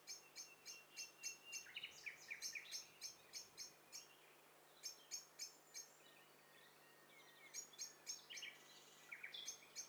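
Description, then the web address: Several birds calling together: rapid series of sharp, high chirps repeated several times a second, overlapping twittering notes and trills, with a fresh burst of chirping after about five seconds. Several birds calling at once, in hi-fi stereo. "Hi Fi STEREO BIRD COCKTAIL PARTY Challenge"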